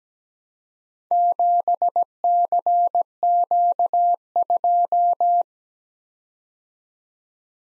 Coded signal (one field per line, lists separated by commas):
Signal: Morse code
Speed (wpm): 17 wpm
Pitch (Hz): 700 Hz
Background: none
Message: 7CQ2